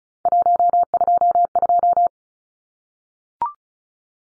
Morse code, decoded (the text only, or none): 122